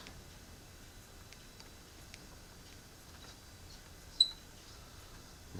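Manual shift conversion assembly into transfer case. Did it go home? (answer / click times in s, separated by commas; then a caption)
no / none. A BW manual-shift conversion kit, which has a set screw to adjust pressure, is being fitted into a transfer case. Faint ticks and small knocks sit over low background noise, with one sharper knock near 4.2 seconds. The part has not popped into place yet.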